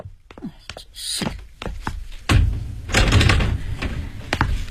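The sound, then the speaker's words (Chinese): A home's front door is unlatched and opened by the resident for police detectives posing as gas meter readers: a run of sharp clicks and rattles from the lock and handle, then a heavier thud and a low rumbling scrape as it swings. No voices. “抄煤气的，请你开开门啊。”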